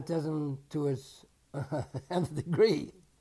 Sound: chuckles

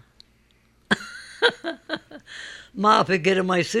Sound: she laughs

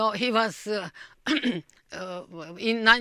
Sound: she clears her throat

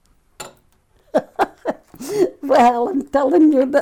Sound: laughs

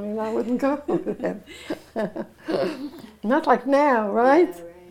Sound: laughs

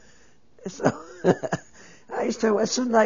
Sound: she laughs

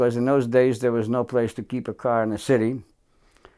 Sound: none

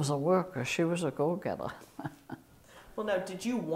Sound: chuckles

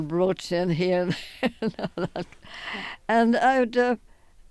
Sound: she laughs

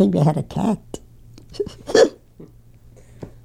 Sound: she laughs

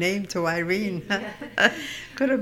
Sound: they laugh

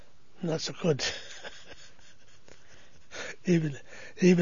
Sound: he laughs

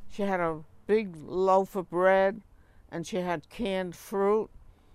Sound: none

